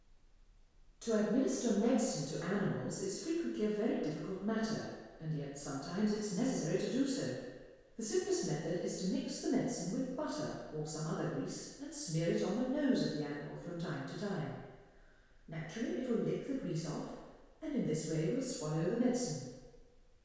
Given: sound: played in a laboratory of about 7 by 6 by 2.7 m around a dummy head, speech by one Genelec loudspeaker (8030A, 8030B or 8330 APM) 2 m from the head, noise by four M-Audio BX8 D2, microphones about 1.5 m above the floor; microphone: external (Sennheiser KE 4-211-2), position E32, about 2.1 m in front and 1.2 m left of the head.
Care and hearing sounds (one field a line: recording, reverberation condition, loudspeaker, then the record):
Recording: female speech in English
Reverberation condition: high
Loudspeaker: 30 degrees to the right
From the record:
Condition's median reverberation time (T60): about 1300 ms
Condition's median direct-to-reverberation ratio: about -4.0 dB